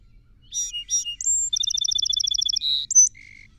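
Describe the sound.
Song sparrow song: two introductory notes, a high whistle, a long quick trill, a buzzy note and a high closing phrase, with a faint lower note after.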